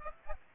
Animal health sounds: mosquito wingbeat signal from an infrared sensor; Aedes aegypti

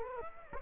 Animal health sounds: mosquito wingbeat signal from an infrared sensor; Aedes aegypti

